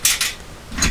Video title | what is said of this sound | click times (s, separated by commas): Advertising photographer closes studio, turns to van building! FIRST VAN BUILD TOUR | raise it up you click it back and | 0.0 s